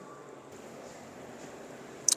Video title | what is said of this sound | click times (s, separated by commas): Benling Knight Rider Electric Scooter First Look Review | अगर आप simple mobile को यहां से रख के नीचे को पुश करते हैं तो यह लॉक हो जाता है और बड़ा | 2.1 s